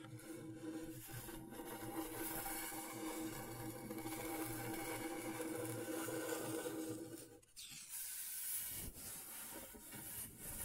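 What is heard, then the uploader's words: Scratchboard being worked: a dense, steady scraping and rubbing runs for about seven seconds, with a low hum and fine gritty detail. Near seven and a half seconds it breaks off briefly, then resumes as a lighter, brighter, more uneven scratching to the end. ASMR Brain Tingling Scratchboard (No Talking).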